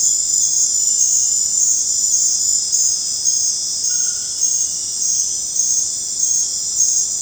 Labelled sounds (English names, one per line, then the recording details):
none
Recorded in dense forest near Puerto Asís, Putumayo, Colombia, on 21 December 2024 at 19:00
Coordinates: 0.481, -76.323
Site G100